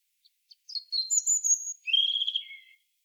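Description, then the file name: European robin song phrase: two faint ticks, thin high notes, a sustained very high note, then a lower note dropping to a low end note. "Erithacus rubecula"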